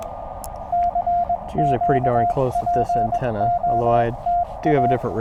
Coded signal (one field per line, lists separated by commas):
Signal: Morse code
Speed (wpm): 21 wpm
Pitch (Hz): 700 Hz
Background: speech, radio noise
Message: CQPOTA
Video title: Beating the rain | CW QRP POTA at US-3786 #hamradio #amateurradio #morsecode